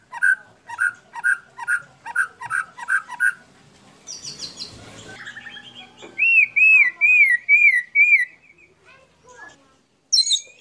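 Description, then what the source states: Canary repeating a mellow note about twice a second, then a chatter and a run of warbling, wavering whistles. Long-duration canary song, used as a complete bird master (tutor) song.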